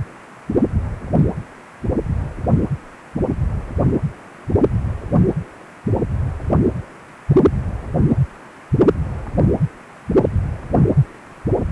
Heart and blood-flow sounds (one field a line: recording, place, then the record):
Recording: Doppler ultrasound of blood flow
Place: precordium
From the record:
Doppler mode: continuous wave and pulsed wave in the uncut recording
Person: healthy adult, 18 to 50 years, no heart murmur, not diving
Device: 2.5 MHz transducer